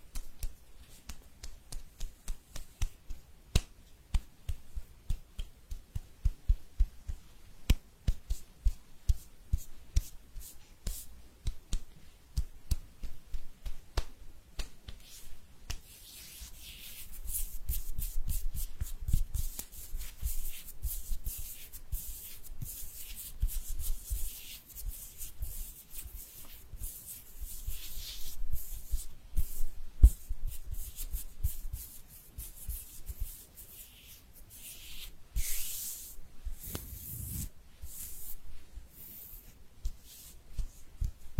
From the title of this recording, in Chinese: 搓手手